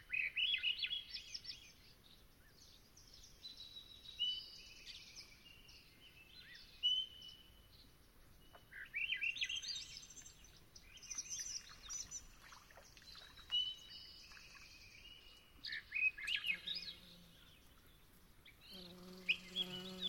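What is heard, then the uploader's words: Dusk at Long Swamp, filled with overlapping bird calls and chirps, bright whistled phrases coming in quick bursts throughout. A faint steady high hiss, like insects, runs underneath. Near the end a lower, buzzing call with stacked tones appears briefly. Long Swamp, Dusk. Song Sparrows, Lincoln’s Sparrows, Swainson’s Thrushes, American Robins, Mallard Ducks and more make their homes here. The air was still as I sat down to record; the temperature a chill 60ºF/ 15.5ºC, and the moon was expected to be full. I could hear distinct non-song vocalization from Swainson’s Thrushes.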